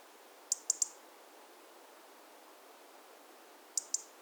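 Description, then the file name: European robin tick calls, a rapid run of three high clicks, silence, then a closing pair, over a low steady hiss. "Erithacus rubecula"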